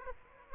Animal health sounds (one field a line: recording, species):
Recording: mosquito wingbeat signal from an infrared sensor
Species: Aedes aegypti